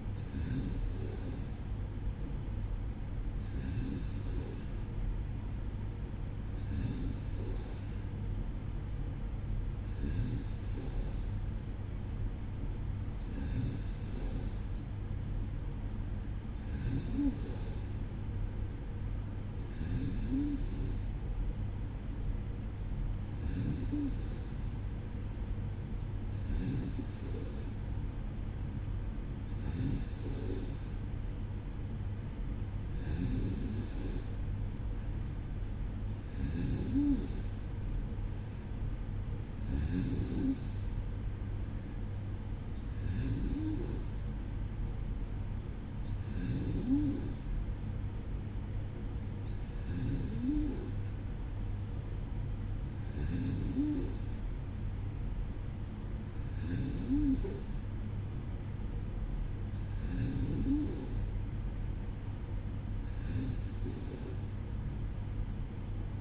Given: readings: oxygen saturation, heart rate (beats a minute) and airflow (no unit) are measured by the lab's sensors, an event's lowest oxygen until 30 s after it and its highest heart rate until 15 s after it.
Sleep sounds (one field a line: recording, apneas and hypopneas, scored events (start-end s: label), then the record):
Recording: breathing in sleep by a smartphone at the bedside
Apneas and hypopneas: none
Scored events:
7.00-37.00 s: new sleep stage, N3 (deep sleep)
37.00-66.21 s: new sleep stage, N2 (light sleep)
From the record:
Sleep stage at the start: N2 (light sleep)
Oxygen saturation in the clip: 93 to 94%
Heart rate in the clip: 54 to 57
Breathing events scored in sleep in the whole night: 305 in 9.6 hours asleep